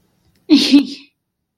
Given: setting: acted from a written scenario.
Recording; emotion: vocal sound without words; contentment